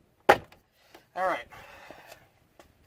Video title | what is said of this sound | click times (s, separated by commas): 2008 Civic Door Panel Removal EASY (How to Install Component Speakers 2008 Civic) | we just keep prying up all the way around the edges until it he can hear it pop alright | 0.3 s